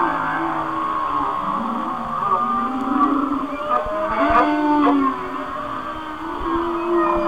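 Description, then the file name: Whale song, a thick chorus of overlapping moans and wails with some short upward chirps. "Whale Songs- Mike Mc Donald"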